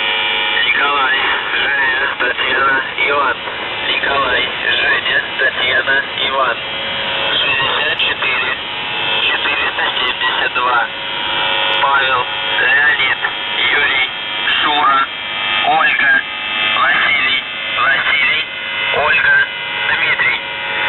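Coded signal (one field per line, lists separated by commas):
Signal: numbers station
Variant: UVB-76, Russian voice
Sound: a male voice reading a message over a noisy, band-limited shortwave channel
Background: radio static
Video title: The Buzzer/UVB-76(4625Khz) April 28th, 2023 12:54UTC Voice message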